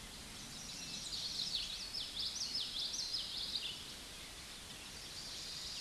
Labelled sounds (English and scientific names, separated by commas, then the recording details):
Common Yellowthroat (Geothlypis trichas) song
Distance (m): 35 m
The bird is about 10 m above the microphone
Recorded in a Pennsylvania forest on 16 May 2024 at 08:57
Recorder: AudioMoth, point MSD-1418
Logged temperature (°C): 16.4 °C
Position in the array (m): 242 m, 171 m